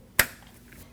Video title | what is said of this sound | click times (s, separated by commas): How to Replace Mirrors 2012-2021 Nissan NV2500 | Plug your mirror in. Listen for the click. | 0.2 s